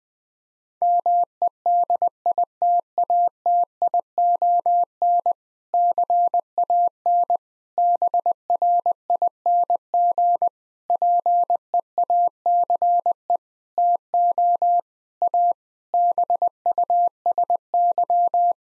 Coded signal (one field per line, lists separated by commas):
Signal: Morse code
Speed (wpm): 20 wpm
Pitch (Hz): 700 Hz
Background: none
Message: MEDITATION CAN BRING PEACE TO A BUSY